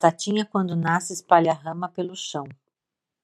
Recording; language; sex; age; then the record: short text; Brazilian Portuguese; female; 50 to 59 years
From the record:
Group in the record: control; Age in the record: 58 years